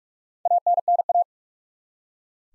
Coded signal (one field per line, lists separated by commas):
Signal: Morse code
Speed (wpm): 45 wpm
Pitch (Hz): 700 Hz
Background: none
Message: ANNA